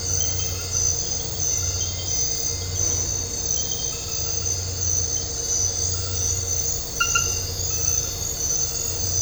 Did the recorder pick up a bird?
no